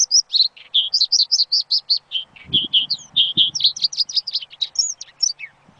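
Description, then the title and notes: Bird song, a fast, varied chattering series of high whistled notes, with brief low rustling thumps near the middle. Bird chirping meant for training (mastering) pet birds. "Suara Burung. Suara Kicauan Burung untuk memaster burung kesayangan"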